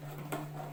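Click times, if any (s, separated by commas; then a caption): none. A plastic leg of a Halloween decoration figure is being handled and forced toward its socket in the figure's body, with a steady low hum throughout and a brief rustling handling noise at about 0.3 s. Nothing has seated or clicked yet.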